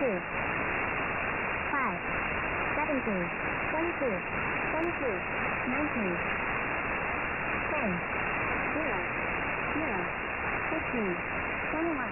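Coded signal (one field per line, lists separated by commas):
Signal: numbers station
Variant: Greensleeves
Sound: a voice reads short numbers one by one through loud, steady radio hiss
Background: radio static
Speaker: another message was sent on September the 20th this was a truncated transmission which led to a transcribed string of 17 numbers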